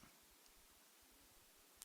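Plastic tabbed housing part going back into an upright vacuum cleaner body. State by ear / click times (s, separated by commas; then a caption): seated / 1.8 s. A plastic tabbed housing part of a Dyson DC25 upright vacuum cleaner is pushed down and then forward until its tab slots back into the body. Quiet low rustling and faint ticks lead up to one sharp, short click at 1.8 s as the part seats back in place.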